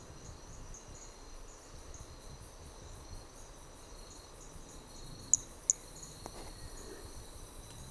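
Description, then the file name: Hermogenes' flea-toad: brachycephalus hermogenesi toadlet giving a quick pair of piercing high clicks near the end, against continuous shrill insect buzzing. Individual number 4 recorded on Trilha do Ipiranga; the first four notes of the call were lost. "MHNCI Brachy hermogenesi Trilha do Ipiranga ind 4 four starting notes lost"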